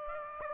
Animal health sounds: mosquito wingbeat signal from an infrared sensor; Aedes aegypti

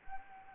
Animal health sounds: mosquito wingbeat signal from an infrared sensor; Anopheles gambiae

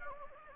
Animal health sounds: mosquito wingbeat signal from an infrared sensor; Anopheles gambiae

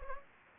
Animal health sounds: mosquito wingbeat signal from an infrared sensor; Anopheles gambiae

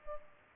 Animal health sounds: mosquito wingbeat signal from an infrared sensor; Culex pipiens

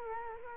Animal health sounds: mosquito wingbeat signal from an infrared sensor; Culex quinquefasciatus

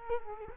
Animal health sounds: mosquito wingbeat signal from an infrared sensor; Culex quinquefasciatus

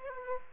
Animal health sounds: mosquito wingbeat signal from an infrared sensor; Aedes aegypti

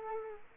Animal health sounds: mosquito wingbeat signal from an infrared sensor; Culex quinquefasciatus

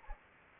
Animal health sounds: mosquito wingbeat signal from an infrared sensor; Anopheles gambiae

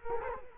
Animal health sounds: mosquito wingbeat signal from an infrared sensor; Culex quinquefasciatus

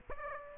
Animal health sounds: mosquito wingbeat signal from an infrared sensor; Aedes aegypti

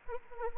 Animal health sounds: mosquito wingbeat signal from an infrared sensor; Anopheles arabiensis

